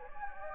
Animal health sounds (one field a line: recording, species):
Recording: mosquito wingbeat signal from an infrared sensor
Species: Anopheles gambiae